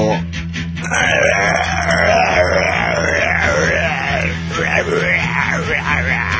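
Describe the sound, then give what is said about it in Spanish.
A man's voice imitates a sputtering, faulty car engine with one long, strained, growling sound whose pitch wobbles up and down for about five seconds, loud and rough. “Si el motor hace un ruido tipo...”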